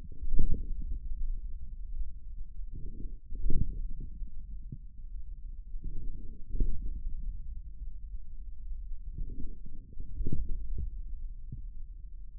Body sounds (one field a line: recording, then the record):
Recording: forearm muscle sounds (acoustic myography)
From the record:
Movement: forearm pronation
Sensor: system 1, eight BSWA MPA416 microphones around the upper forearm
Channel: 8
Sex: male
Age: 41 years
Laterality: right